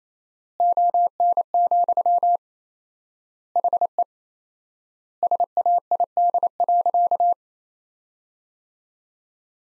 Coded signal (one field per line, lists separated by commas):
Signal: Morse code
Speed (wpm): 28 wpm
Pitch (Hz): 700 Hz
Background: none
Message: ON, HE SAID.